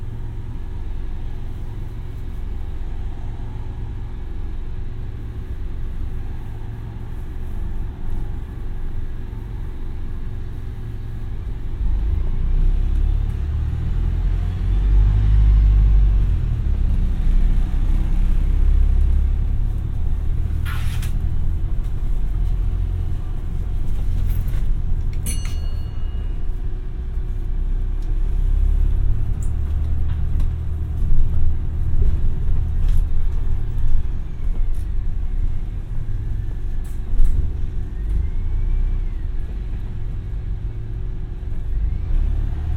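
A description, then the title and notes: A ride inside a bus, with a steady low engine rumble and road noise filling the whole clip, swelling heavier around the middle as the bus pulls or climbs. A few sharp clicks and rattles break through near twenty and twenty-five seconds, and faint higher whines drift in and out. Bus 49, Brighton. Take a ride on a bus from Brighton towards Moulsecoomb.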